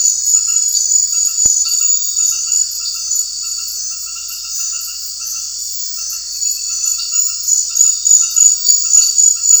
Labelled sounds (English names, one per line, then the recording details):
none
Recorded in secondary vegetation near Puerto Asís, Putumayo, Colombia, on 9 March 2025 at 21:00
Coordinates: 0.499, -76.323
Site G094